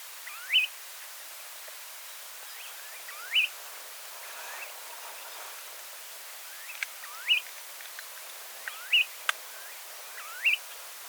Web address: sound Snowy-plover. دانلود-صدای-پرنده-سلیم-برفی